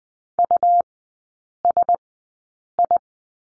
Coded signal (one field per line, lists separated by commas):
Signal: Morse code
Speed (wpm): 20 wpm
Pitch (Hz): 700 Hz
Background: none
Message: USI